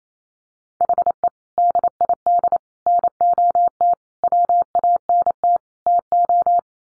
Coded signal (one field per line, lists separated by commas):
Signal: Morse code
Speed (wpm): 28 wpm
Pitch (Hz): 700 Hz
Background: none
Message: HE DID NOT WANT TO